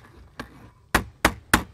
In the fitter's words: magazines will not lock no matter how hard you try